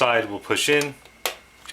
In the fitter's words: Click forward and the drive is locked into place